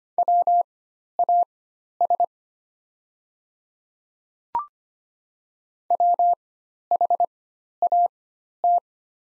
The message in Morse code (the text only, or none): WAS WHAT